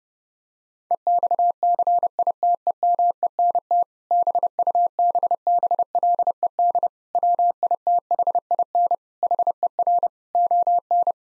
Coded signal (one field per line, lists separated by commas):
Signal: Morse code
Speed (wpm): 30 wpm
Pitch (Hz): 700 Hz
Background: none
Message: EXCITEMENT BUBBLED WITHIN HER ON